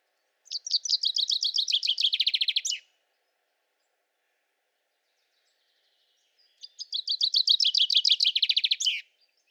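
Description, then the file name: Common chaffinch song: two bright, rattling phrases that descend in steps and end with a quick flourish, each about two seconds long, with silence between them. "Fringilla coelebs"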